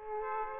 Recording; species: mosquito wingbeat signal from an infrared sensor; Aedes aegypti